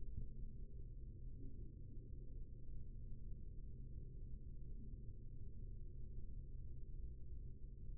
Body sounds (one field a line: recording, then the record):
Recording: forearm muscle sounds (acoustic myography)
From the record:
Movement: rest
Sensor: system 3, bracelet of six PUI Audio POM-2738L microphones around the upper forearm, with dedicated amplification and filtering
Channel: 6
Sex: male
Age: 43 years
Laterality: right